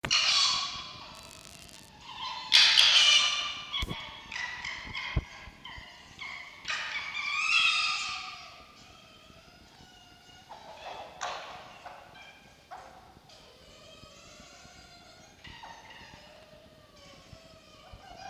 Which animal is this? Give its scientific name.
Vulpes vulpes